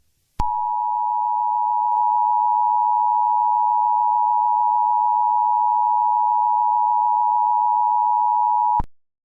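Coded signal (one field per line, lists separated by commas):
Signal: Emergency Alert System (SAME) tones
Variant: 853 and 960 Hz attention tone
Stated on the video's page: Fictional Emergency Alert System scenario, not a real alert.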